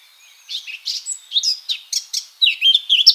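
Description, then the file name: Eurasian blackcap song: a brisk series of varied warbled and whistled notes, roughly four per second, growing louder toward the end. "Sylvia atricapilla"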